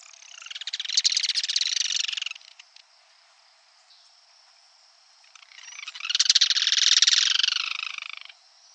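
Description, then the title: Yellow-chinned spinetail with two long, rapid churring rattles, each lasting about two to three seconds, separated by a quiet gap. "LuckyPassaro Completos2Sama. Yellow-chinned Spinetail (Certhiaxis cinnamomeus)"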